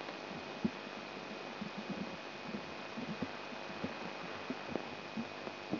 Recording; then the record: brain microelectrode recording played as sound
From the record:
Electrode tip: inside the subthalamic nucleus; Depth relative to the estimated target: -1.5 mm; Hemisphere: right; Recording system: AlphaMap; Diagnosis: Parkinson's disease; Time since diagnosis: 9 years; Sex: male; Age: 58 years